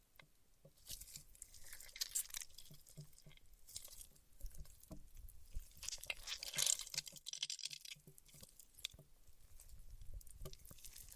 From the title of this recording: Paraffin Wax Peeling, Tapping and Scratching